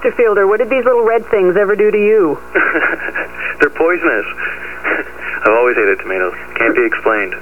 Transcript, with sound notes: F------ what did these little red things ever do to you?
(laughter) They're poisonous. I've always hated tomatoes - can't be explained.